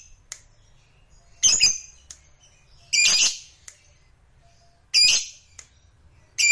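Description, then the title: Lovebird squawks, loud harsh rasping calls about every two seconds with short clicks between them. Lovebird singing with spontaneous excitement, meant to rouse a lazy, quiet lovebird into song. "LOVEBIRD Malas Bunyi JADI GREGET SPONTAN Langsung NARIK"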